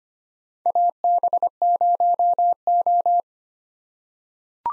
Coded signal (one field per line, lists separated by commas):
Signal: Morse code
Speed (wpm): 25 wpm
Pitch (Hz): 700 Hz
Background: none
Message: AB0O